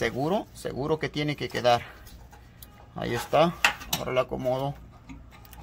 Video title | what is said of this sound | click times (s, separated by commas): FORD F-150 2001 5.4 CÓMO CAMBIAR BOMBA DE GASOLINA ⛽️ | y hasta que haga un clic no quiere hacerlo | none